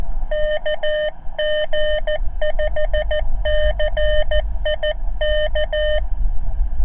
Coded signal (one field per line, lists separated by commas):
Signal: Morse code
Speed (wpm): 14 wpm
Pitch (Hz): 610 Hz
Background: none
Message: KG5CIK